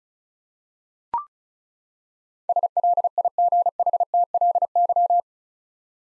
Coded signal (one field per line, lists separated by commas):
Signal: Morse code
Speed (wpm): 36 wpm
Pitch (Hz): 700 Hz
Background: none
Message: SLIGHTLY